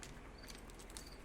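A spring-loaded collet is pushed into the spindle of a Ryobi base station rotary tool. Faint ticks and taps come first, then a small sharp click at 0.97 s as the collet snaps into place and is seated.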